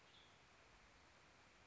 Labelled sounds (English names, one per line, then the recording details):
Western Tanager
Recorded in Sonoma County, California